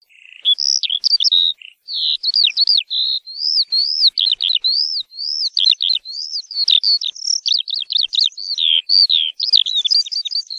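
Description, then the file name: Eurasian skylark song, a fast, nearly continuous stream of high, warbled and trilled phrases throughout. "Allodola"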